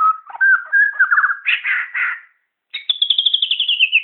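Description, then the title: White-rumped shama song with warbled, slurred whistles and rough bursts, a short gap, then a long run of rapid descending trilled notes. Bornean type of shama (murai Borneo). "MURAI BORNEO MAS KIKI"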